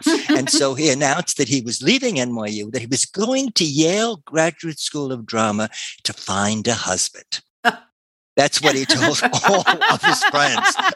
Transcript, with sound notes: And so he announced that he was leaving NYU, that he was going to Yale Graduate School of Drama to find a husband. (laughter) That's what he told all of his friends.